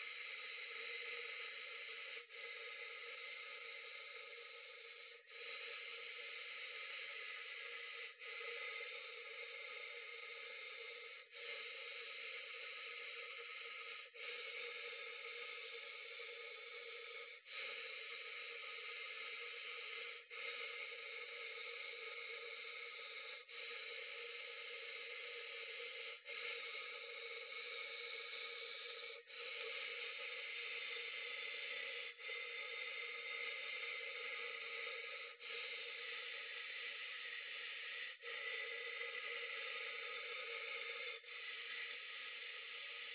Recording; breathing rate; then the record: paced breathing near a phone; 10 breaths a minute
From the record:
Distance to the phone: 40 cm